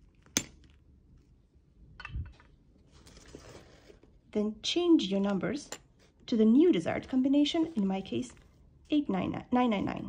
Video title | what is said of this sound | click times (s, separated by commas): How to Set Combination Lock on BFX Smell Proof Bag, How to Reset Your Password? & How To Not Forget! | until you hear a click | 0.4 s